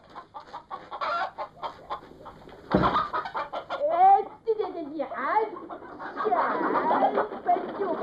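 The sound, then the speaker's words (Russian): A chicken clucks and squawks in a henhouse as a man runs in, with a sudden loud burst of flapping commotion as the chicken flies out, followed by a run of shrill, agitated clucks that keep going until the end. “Оттуда вылетела курица.”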